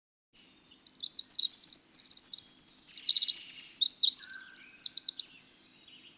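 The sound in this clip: Winter wren song, a long, high, tumbling series of quick trills and twittering phrases over about five seconds, with a faint lower note near the end.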